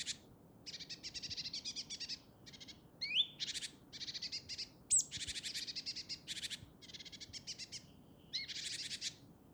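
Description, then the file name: Great tit harsh calls: nearly continuous rasping, pulsed buzzes broken by brief pauses, with one rising whistle and a thin high squeak. "Parus major"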